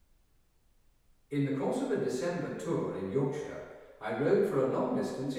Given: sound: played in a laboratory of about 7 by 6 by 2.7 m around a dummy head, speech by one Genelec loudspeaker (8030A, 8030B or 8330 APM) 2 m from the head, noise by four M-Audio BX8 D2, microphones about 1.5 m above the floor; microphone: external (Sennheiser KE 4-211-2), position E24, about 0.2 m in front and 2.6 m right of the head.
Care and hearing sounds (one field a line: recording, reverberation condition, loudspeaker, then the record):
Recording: male speech in English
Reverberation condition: high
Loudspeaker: 60 degrees to the left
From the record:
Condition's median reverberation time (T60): about 1300 ms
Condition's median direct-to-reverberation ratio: about -4.0 dB